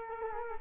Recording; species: mosquito wingbeat signal from an infrared sensor; Culex quinquefasciatus